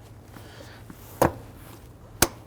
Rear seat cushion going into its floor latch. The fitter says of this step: push it down you hear it click repeat for the other side go ahead